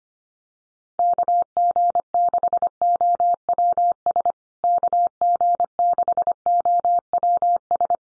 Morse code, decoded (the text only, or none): KG6OWS KG6OWS